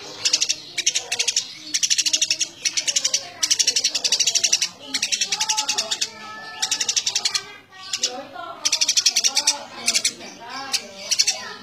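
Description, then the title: Eurasian tree sparrow chattering in bursts of fast, dense, high chirps, each burst lasting about a second, with softer lower twittering between bursts. Sparrow in full, vigorous voice giving dense, rapid nyecret chattering. "Burung Gereja Gacor Nyecret Rapat"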